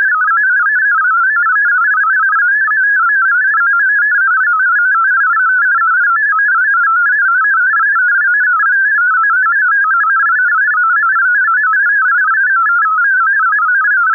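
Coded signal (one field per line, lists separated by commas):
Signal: multi-tone FSK (Olivia or MFSK type)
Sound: continuous fast burbling warble of stepping tones around 1.5 kHz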